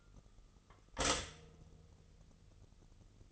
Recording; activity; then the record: daily activity, microphone in the room; stop toaster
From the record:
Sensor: 4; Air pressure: 989.4 hPa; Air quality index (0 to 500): 217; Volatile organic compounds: 68 ppm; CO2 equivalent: 3499 ppm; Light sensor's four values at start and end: 22/78/29/30 and 22/78/29/30